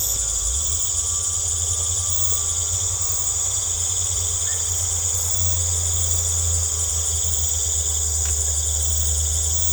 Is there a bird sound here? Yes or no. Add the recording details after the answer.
no. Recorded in secondary vegetation near Puerto Asís, Putumayo, Colombia, on 18 December 2024 at 19:00. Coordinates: 0.468, -76.324. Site G095